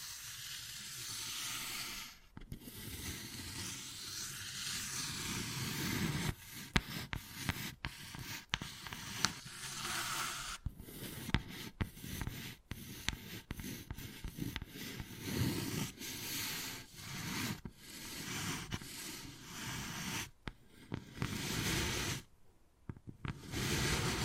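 Wood carving with a continuous scraping, hissing rasp, broken by frequent sharp taps and brief pauses, a longer gap near twenty-two seconds.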